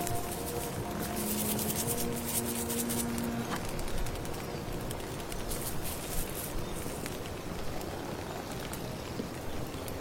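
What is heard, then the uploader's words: A thick pot is stirred with a low bubbling and a dense wash of rustling rain, while firewood crackles in small bright snaps across the whole ten seconds. A steady low hum sits under it, with a couple of held tones fading out around three seconds. Come to the mysterious late autumn forest, stir your magic amulet soup, accompanied by birdsong, firewood, rustling rain.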